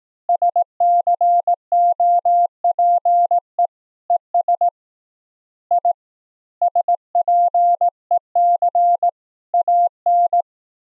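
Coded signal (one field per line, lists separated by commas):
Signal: Morse code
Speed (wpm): 18 wpm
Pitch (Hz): 700 Hz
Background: none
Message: SCOPE ES I SPEC AN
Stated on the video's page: CW from a ChucK sine-wave oscillator keyed via MIDI from the hasak CW keyer on a Raspberry Pi 4, shared over a VOIP conference for QRQ CW.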